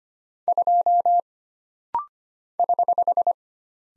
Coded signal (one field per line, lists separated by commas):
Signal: Morse code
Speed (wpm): 25 wpm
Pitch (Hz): 700 Hz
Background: none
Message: 2 <HH>